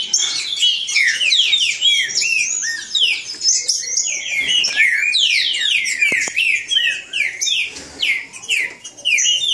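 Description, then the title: Green-winged saltator singing fast, slurred whistled phrases that sweep down and up, densely layered, with a few brief soft clicks midway. Green-winged saltator singing in the bush, in a song dispute with a free-flying wild bird. "Trinca Ferro NICÃ O No Mato Disputando Com Solto"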